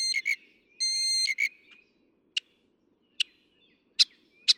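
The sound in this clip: Northern mockingbird song: tonal phrases rich in harmonics, followed by four widely spaced short, sharp notes.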